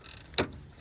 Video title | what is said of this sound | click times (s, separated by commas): DSX Flex Fuel on a 5th gen Camaro | it'll click you will hear it | 0.4 s